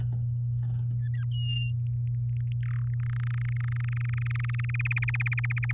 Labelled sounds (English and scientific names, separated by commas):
Domestic Canary (Serinus canaria) song